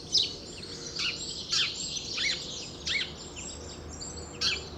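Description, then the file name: House sparrow giving a handful of varied, slurred chirps at uneven intervals, set against steady high twittering. "Passer domesticus"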